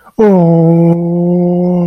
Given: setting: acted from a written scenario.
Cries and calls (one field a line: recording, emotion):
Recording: vocal sound without words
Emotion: sadness